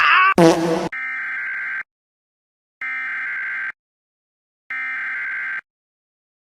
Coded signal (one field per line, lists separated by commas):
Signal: Emergency Alert System (SAME) tones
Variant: header bursts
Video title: (EAS #2,048 - #2,055) THE LAST GRIP OF WINTER - EAS Alerts & Tests from 3/3/25 - 3/5/25